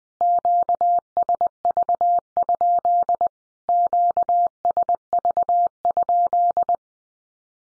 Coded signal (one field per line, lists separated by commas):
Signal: Morse code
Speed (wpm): 19 wpm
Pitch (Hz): 700 Hz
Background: none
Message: QSV? QSV?